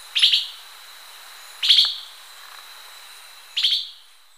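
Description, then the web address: Tyrannine Woodcreeper giving three short, buzzy, slightly grating chirps, about one and a half to two seconds apart, with quiet background hiss. Recorded in Ecuador. "S America Birds of Ecuador. Tyrannine Woodcreeper"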